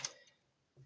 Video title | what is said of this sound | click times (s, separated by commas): Ninjago city markets REVIEW part 1 | It feels so nice just to flick up and down, and lock into place. | 0.0 s